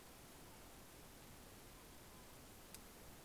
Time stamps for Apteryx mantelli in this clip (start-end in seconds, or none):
none